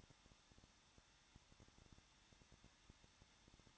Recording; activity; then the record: daily activity, microphone in the room; no activity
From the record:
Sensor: 3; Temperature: 21.2 degrees Celsius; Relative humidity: 36.4%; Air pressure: 1006.4 hPa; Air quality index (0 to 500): 223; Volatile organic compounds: 44 ppm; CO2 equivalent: 3206 ppm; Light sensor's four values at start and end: 2/3/2/2 and 2/3/2/2